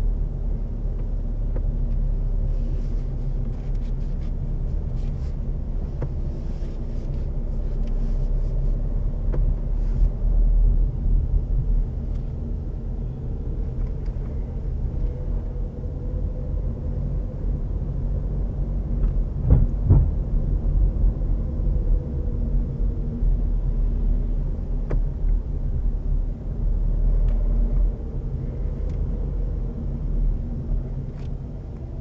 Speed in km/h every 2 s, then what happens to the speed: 18, 16, 15, 16, 19, 20, 20, 20, 23, 23, 23, 21, 18, 18, 21, 8.
0-20 steady at about 20. 20-30 slows to 8.